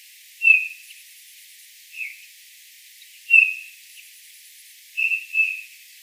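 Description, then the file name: Eurasian bullfinch calls, gentle level whistled notes given singly and in a close pair, roughly every one and a half seconds. "Pyrrhula pyrrhula"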